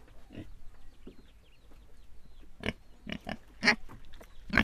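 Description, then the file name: Pigs grunting and squealing in short irregular bursts, some loud and harsh, with quieter snuffling between. Several pigs recorded in Viñales. "Quiet American - pigs in Vinales"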